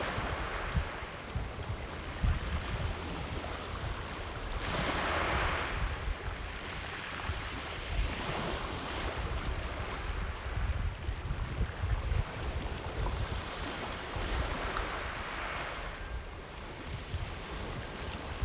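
Sea surf rolls in steadily, with brighter wave washes near 5 and 16 seconds over a constant low, wind-buffeted rumble.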